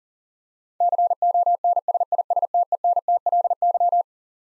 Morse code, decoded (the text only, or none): CONSISTENTLY